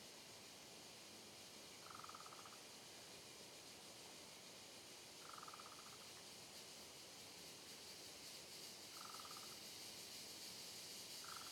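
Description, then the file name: Cicadas keeping up a steady high hiss while a lower, short pulsed trill repeats roughly every three to four seconds. Chorus of cicadas on a trail in dense forest, with reverberation. "Coro de Cigarras em Trilha de Mata Fechada Reverberando"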